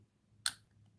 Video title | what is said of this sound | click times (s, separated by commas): Longbuild Livestream: LEGO Star Wars 75281 Anakin Jedi Interceptor | will slide right in and you want to what you want to listen for a little click | 0.5 s